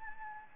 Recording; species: mosquito wingbeat signal from an infrared sensor; Anopheles gambiae